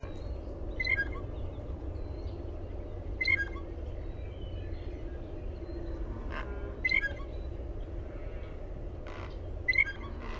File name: BLJA pumphandle